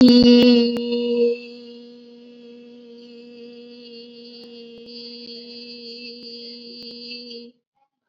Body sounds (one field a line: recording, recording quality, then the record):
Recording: sustained vowel as in beet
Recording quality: excellent, no background noise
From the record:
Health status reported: COVID-19 positive, mild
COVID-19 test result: positive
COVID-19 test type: RT-PCR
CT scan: not taken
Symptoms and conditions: cough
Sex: female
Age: 19 years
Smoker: no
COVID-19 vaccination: both doses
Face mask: worn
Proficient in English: yes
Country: India